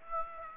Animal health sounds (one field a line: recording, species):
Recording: mosquito wingbeat signal from an infrared sensor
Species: Aedes aegypti